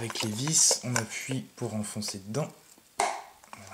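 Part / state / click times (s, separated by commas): vacuum motor assembly into plastic housing / seated / 3.0 s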